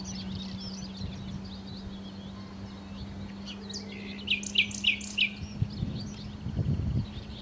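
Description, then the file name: Common nightingale song: soft scattered chirps, then four loud repeated sharp notes, over a steady low hum. "Nachtigall"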